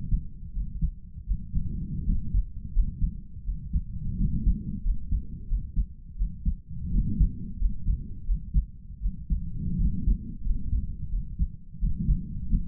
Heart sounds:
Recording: heart sounds by stethoscope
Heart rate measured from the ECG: 85 bpm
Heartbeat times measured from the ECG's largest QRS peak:
0.52 s: heartbeat
1.25 s: heartbeat
2.05 s: heartbeat
2.72 s: heartbeat
3.43 s: heartbeat
4.16 s: heartbeat
4.82 s: heartbeat
5.46 s: heartbeat
6.15 s: heartbeat
6.90 s: heartbeat
7.58 s: heartbeat
8.24 s: heartbeat
8.99 s: heartbeat
9.76 s: heartbeat
10.43 s: heartbeat
11.09 s: heartbeat
11.77 s: heartbeat
12.47 s: heartbeat
From the record:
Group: healthy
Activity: rest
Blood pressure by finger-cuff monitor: 101/62 mmHg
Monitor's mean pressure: 71 mmHg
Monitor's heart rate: 87 bpm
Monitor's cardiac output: 6 L/min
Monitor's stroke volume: 70 mL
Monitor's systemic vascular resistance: 810 dyn s/cm5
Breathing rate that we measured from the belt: 23 breaths a minute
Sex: male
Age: 22 years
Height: 181 cm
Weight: 60 kg

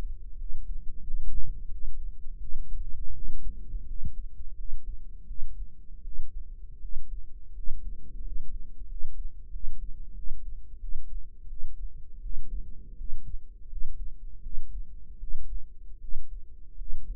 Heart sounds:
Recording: heart sounds by microphone in the right ear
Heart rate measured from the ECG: 84 bpm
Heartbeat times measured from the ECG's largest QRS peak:
0.37 s: heartbeat
1.04 s: heartbeat
1.71 s: heartbeat
2.39 s: heartbeat
3.14 s: heartbeat
3.86 s: heartbeat
4.56 s: heartbeat
5.26 s: heartbeat
6.03 s: heartbeat
6.80 s: heartbeat
7.54 s: heartbeat
8.22 s: heartbeat
8.87 s: heartbeat
9.51 s: heartbeat
10.15 s: heartbeat
10.80 s: heartbeat
11.48 s: heartbeat
12.21 s: heartbeat
12.96 s: heartbeat
13.68 s: heartbeat
14.42 s: heartbeat
15.19 s: heartbeat
16.00 s: heartbeat
16.77 s: heartbeat
From the record:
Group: healthy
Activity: rest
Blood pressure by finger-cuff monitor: 135/75 mmHg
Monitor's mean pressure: 88 mmHg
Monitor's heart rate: 84 bpm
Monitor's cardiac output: 7.8 L/min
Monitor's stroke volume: 90 mL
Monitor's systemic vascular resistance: 840 dyn s/cm5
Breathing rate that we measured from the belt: 13 breaths a minute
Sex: male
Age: 23 years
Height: 179 cm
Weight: 87 kg

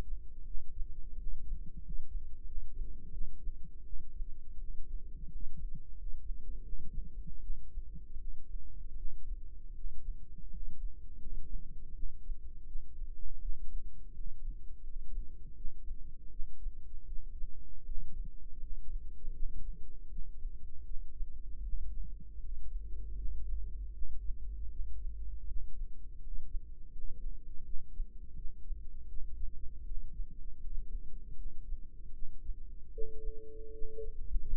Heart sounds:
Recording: heart sounds by microphone in the right ear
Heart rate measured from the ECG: 81 bpm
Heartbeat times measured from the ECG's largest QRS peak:
0.43 s: heartbeat
1.14 s: heartbeat
1.78 s: heartbeat
2.43 s: heartbeat
3.09 s: heartbeat
3.82 s: heartbeat
4.56 s: heartbeat
5.26 s: heartbeat
5.93 s: heartbeat
6.60 s: heartbeat
7.39 s: heartbeat
8.15 s: heartbeat
8.93 s: heartbeat
9.71 s: heartbeat
10.47 s: heartbeat
11.16 s: heartbeat
11.91 s: heartbeat
12.63 s: heartbeat
13.37 s: heartbeat
14.11 s: heartbeat
14.80 s: heartbeat
15.52 s: heartbeat
16.27 s: heartbeat
17.04 s: heartbeat
17.82 s: heartbeat
18.57 s: heartbeat
19.30 s: heartbeat
20.06 s: heartbeat
20.82 s: heartbeat
21.60 s: heartbeat
22.36 s: heartbeat
23.13 s: heartbeat
23.90 s: heartbeat
24.67 s: heartbeat
25.44 s: heartbeat
26.18 s: heartbeat
26.89 s: heartbeat
27.61 s: heartbeat
28.32 s: heartbeat
29.05 s: heartbeat
29.82 s: heartbeat
30.57 s: heartbeat
31.33 s: heartbeat
32.10 s: heartbeat
32.89 s: heartbeat
33.69 s: heartbeat
34.50 s: heartbeat
From the record:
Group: healthy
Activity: rest 0-33 s, breath hold 33-35 s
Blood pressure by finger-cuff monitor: 108/65 mmHg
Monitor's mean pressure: 78 mmHg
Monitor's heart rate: 80 bpm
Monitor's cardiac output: 6.5 L/min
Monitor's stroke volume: 81 mL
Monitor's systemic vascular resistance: 860 dyn s/cm5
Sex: female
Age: 26 years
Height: 165 cm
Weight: 55 kg

